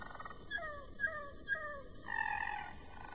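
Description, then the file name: Roller canary song: soft, gliding flute-like notes that slide down in a short series, then a warbling roll. "kenari-roller -omkicau"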